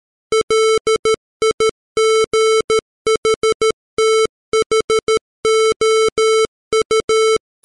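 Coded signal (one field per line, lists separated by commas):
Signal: Morse code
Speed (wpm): 13 wpm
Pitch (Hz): 440 Hz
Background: music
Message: LIGHTHOU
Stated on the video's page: Morse text sent at 13 wpm, generated by PC software as a 440 Hz square wave at 44100 samples per second, 16-bit.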